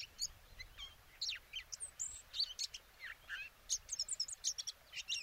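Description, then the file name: Eurasian blackcap singing a brisk series of clear whistled and chirped notes, some slurring downward, with faint low rumble beneath. "Sylvia atricapilla"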